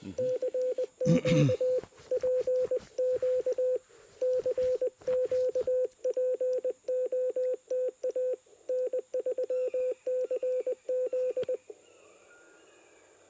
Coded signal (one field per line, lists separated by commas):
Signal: Morse code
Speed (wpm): 20 wpm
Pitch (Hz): 510 Hz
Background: speech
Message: CQ PQ CQ POTA N3CZ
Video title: Homebrew QRP Transceiver and TennTennas EFHW Shine in Labor Day POTA Activation!